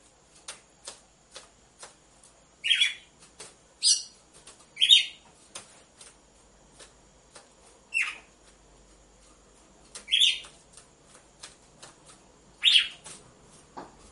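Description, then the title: Red-cowled cardinal song of well-spaced, harsh chirped notes, up to about three seconds apart, with ticking clicks in the background. Female song, used to warm up males. "Canto Galo Campina Fêmea 01. ESQUENTE GALO DE CAMPINA COM BATIDA DE DOIS MACHOS"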